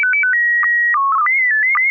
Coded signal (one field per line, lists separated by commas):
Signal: SSTV (slow-scan television)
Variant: PD 120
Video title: N6NA SSTV Net - 08/07/2024